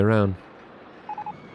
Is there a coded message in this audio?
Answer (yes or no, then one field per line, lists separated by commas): no